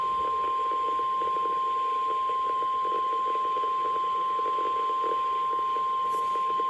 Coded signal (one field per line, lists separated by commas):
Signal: Emergency Alert System (SAME) tones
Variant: 1050 Hz attention tone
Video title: Weekly NOAA Weather Radio Tests (NWS CHS & JAX) | EAS #216-218 | 5/13/26